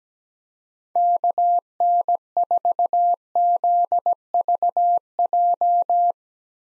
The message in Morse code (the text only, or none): KN4ZVJ